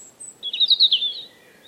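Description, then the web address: European robin song phrase: a quick, rippling run of high, tinkling notes that swells in the middle and trails off into a thin, softer whistle. "Deverinetal 2025 File origin Bird Only Er Ru"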